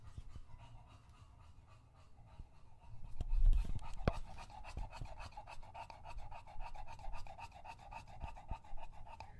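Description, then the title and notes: English Bulldog breathing softly, then a louder burst of sound, followed by fast, wheezy panting. Male English Bulldog named Lucho drinking from a water bowl after a long walk, breathing heavily between drinks, out of breath from the walk and from drinking so long. "English Bulldog Drinks from Water Bowl - Weird Sounds. listen to Lucho the English Bulldog as he tries to drink water after a long walk. Don't let his heavy breathing fool you in between drinks, he's equally out of breath from the walk"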